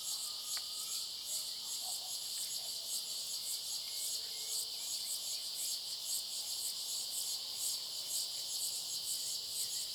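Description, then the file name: Cicadas give a high, thin, continuous buzz that pulses steadily. Cicadas in a clearing giving a high, thin sound. "Cigarras na clareira som agudo fino passaro e cachorro longe"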